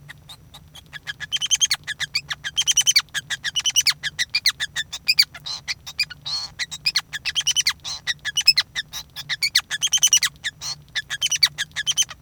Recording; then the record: song of a male Bengalese finch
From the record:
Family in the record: son of father 5